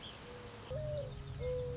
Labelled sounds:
Mourning Dove (Zenaida macroura)
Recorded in Sonoma County, California

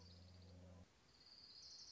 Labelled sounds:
Orange-crowned Warbler (Leiothlypis celata)
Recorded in Sonoma County, California

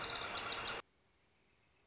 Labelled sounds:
Northern Flicker (Colaptes auratus)
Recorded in Sonoma County, California

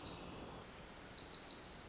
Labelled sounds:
Pacific Wren (Troglodytes pacificus)
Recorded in Sonoma County, California

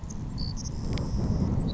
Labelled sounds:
Savannah Sparrow (Passerculus sandwichensis)
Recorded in Sonoma County, California

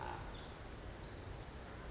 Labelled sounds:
Pacific Wren (Troglodytes pacificus)
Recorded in Sonoma County, California

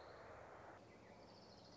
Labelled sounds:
Orange-crowned Warbler (Leiothlypis celata)
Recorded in Sonoma County, California

